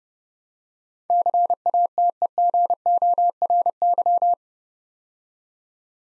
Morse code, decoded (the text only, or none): CATEGORY